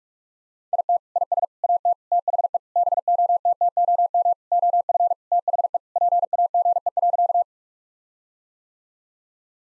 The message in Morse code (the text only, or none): IT IS AT THE BOTTOM OF THE PAGE.